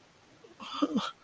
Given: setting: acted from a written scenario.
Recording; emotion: vocal sound without words; sadness